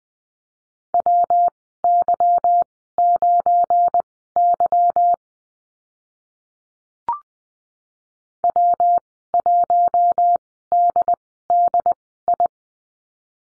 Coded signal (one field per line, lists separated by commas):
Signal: Morse code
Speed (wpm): 19 wpm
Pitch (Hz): 700 Hz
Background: none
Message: WY9Y W1DDI